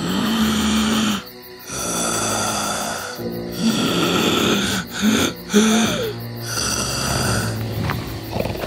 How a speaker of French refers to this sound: Et là, il vit la bête dormir profondément. C'était terrifiant à regarder et le ronflement était si fort que tout tremblait dans la grotte.